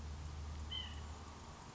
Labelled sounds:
White-breasted Nuthatch
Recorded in Sonoma County, California

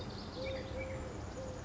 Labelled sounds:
Eurasian Collared Dove
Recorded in Sonoma County, California

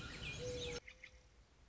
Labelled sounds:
Mourning Dove
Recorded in Sonoma County, California

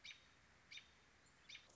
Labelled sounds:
American Robin
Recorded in Sonoma County, California

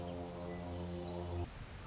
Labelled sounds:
Orange-crowned Warbler
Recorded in Sonoma County, California

